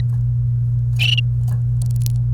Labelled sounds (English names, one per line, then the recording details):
Domestic Canary song
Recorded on 29 April 2018 at 11:47
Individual llb3